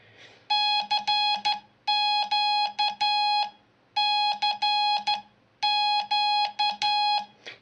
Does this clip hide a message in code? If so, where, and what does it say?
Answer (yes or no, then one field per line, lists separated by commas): yes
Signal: Morse code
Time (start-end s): 0.5-7.2 s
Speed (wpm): 13 wpm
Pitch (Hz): 830 Hz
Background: none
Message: CQ CQ